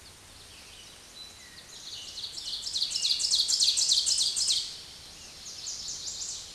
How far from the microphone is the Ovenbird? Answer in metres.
about 15 m